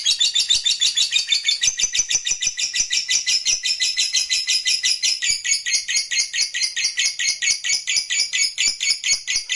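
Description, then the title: Lovebird song: continuous shrill, scratchy chattering made of rapid repeated high notes, steady and unbroken. Lovebird song played to stimulate lovebirds. "Suara Lovebird"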